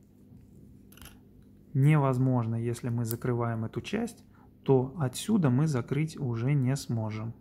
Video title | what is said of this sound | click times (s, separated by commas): На яхту в часах Ulysse Nardin Diver Chronograph 44 | Всё закрывается с характерным щелчком. | 0.9 s, 1.0 s